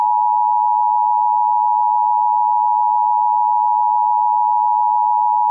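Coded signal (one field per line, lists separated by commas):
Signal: Emergency Alert System (SAME) tones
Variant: 853 and 960 Hz attention tone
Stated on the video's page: Reenactment mock using valid alert tones.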